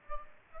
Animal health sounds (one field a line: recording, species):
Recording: mosquito wingbeat signal from an infrared sensor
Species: Aedes aegypti